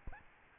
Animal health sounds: mosquito wingbeat signal from an infrared sensor; Aedes albopictus

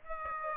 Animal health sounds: mosquito wingbeat signal from an infrared sensor; Aedes aegypti

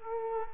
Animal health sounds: mosquito wingbeat signal from an infrared sensor; Culex quinquefasciatus

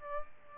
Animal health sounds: mosquito wingbeat signal from an infrared sensor; Aedes albopictus

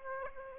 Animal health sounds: mosquito wingbeat signal from an infrared sensor; Aedes aegypti

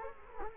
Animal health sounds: mosquito wingbeat signal from an infrared sensor; Culex quinquefasciatus

